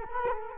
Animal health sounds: mosquito wingbeat signal from an infrared sensor; Culex quinquefasciatus

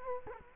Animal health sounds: mosquito wingbeat signal from an infrared sensor; Culex quinquefasciatus

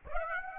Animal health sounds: mosquito wingbeat signal from an infrared sensor; Aedes aegypti

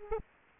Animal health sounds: mosquito wingbeat signal from an infrared sensor; Aedes aegypti

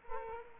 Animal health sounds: mosquito wingbeat signal from an infrared sensor; Culex quinquefasciatus

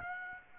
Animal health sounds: mosquito wingbeat signal from an infrared sensor; Aedes aegypti

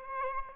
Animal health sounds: mosquito wingbeat signal from an infrared sensor; Aedes albopictus

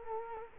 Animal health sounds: mosquito wingbeat signal from an infrared sensor; Culex quinquefasciatus

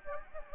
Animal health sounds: mosquito wingbeat signal from an infrared sensor; Anopheles gambiae

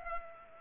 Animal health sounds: mosquito wingbeat signal from an infrared sensor; Culex pipiens

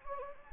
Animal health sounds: mosquito wingbeat signal from an infrared sensor; Anopheles gambiae

